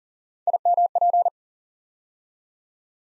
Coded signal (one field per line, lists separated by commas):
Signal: Morse code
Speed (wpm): 40 wpm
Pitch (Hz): 700 Hz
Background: none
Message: IMP